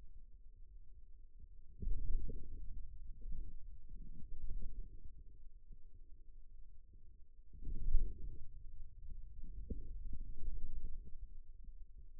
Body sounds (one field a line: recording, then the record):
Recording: forearm muscle sounds (acoustic myography)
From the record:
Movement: wrist extension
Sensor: system 2, bracelet of six BSWA MPA416 microphones around the upper forearm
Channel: 5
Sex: male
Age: 22 years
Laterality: right